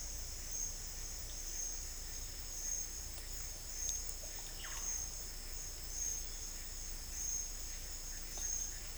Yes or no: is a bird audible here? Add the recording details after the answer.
no. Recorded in secondary vegetation near Puerto Asís, Putumayo, Colombia, on 18 December 2024 at 10:30. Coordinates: 0.485, -76.322. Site GP08